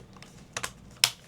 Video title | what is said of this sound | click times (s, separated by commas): LincPlus LincStation E1 HYBRID NAS is the PERFECT Solution for Beginners | Eloquent little solution. Click that in. | 1.0 s